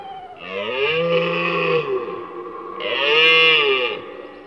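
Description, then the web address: Deer bellowing twice, each call a sustained arched harmonic note of over a second. "Cerf. album abc-de-la-nature"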